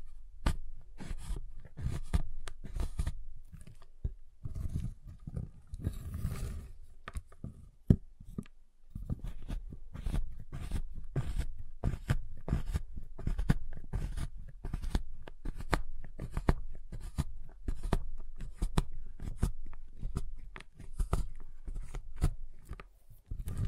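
Giant chocolate bar being tapped, cut and snapped, heard as a steady run of sharp, dry clicks and taps, several per second, fairly regular throughout. Around five to seven seconds a denser, rougher crunching stretch stands out, with a low rumble underneath.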